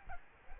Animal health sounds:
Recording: mosquito wingbeat signal from an infrared sensor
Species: Aedes albopictus

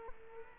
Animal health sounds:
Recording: mosquito wingbeat signal from an infrared sensor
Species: Culex quinquefasciatus

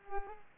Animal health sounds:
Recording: mosquito wingbeat signal from an infrared sensor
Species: Culex pipiens

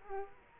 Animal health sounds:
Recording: mosquito wingbeat signal from an infrared sensor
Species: Culex quinquefasciatus

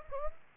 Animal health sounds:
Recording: mosquito wingbeat signal from an infrared sensor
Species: Aedes aegypti

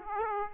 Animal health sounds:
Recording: mosquito wingbeat signal from an infrared sensor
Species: Aedes aegypti

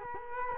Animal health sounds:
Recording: mosquito wingbeat signal from an infrared sensor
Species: Culex quinquefasciatus

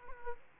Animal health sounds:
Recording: mosquito wingbeat signal from an infrared sensor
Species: Aedes aegypti

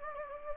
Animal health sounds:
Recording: mosquito wingbeat signal from an infrared sensor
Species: Anopheles gambiae

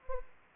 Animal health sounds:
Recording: mosquito wingbeat signal from an infrared sensor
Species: Anopheles arabiensis

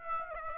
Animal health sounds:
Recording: mosquito wingbeat signal from an infrared sensor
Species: Aedes aegypti

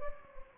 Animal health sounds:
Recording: mosquito wingbeat signal from an infrared sensor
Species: Anopheles gambiae

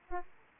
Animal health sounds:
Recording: mosquito wingbeat signal from an infrared sensor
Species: Aedes aegypti

